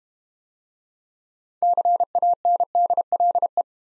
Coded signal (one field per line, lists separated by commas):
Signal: Morse code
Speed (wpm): 32 wpm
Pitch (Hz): 700 Hz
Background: none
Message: CANDLE